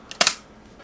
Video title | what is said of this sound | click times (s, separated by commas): Asus Transformer Pad 300 (TF300T) | super sain l'art doit se clipse et le clavier est automatiquement automatiquement reconnue donc | 0.2 s, 0.3 s